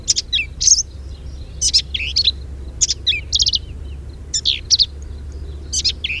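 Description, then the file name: Black-capped vireo song of rapid scratchy chips and piping whistles, grouped in short energetic phrases repeated throughout over a soft low drone. Recorded 10 May 2007. "2007-05-10 Black-capped Vireo"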